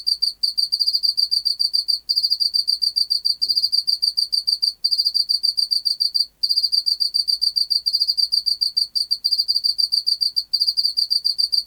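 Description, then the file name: Pacific field cricket giving long runs of fast, high pulsed chirping, broken by short gaps. "Teleogryllus oceanicus"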